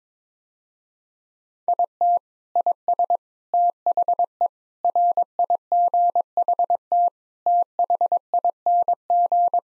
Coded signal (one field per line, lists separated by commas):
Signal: Morse code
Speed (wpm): 22 wpm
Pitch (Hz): 700 Hz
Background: none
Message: IT IS THE RIGHT THING